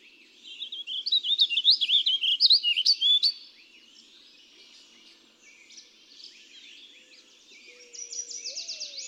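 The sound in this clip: Warbling vireo song: a fast rambling warble of slurred notes, then quieter phrases, with a low rising whistle near the end.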